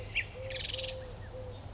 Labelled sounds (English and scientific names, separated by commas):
Eurasian Collared Dove (Streptopelia decaocto)